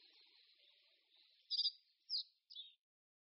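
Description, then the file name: Common reed bunting song: a short phrase of three sharp chirped notes, the last one dropping, over faint hiss. "Strnad-rákosní"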